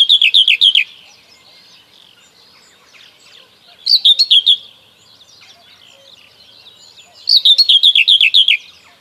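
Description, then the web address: Common whitethroat song: three short, scratchy, hurried warbling phrases, each about a second long, spaced roughly three to four seconds apart, with faint background twittering between them. "Kurs PTTK Przyroda Ptaki Cierniówka"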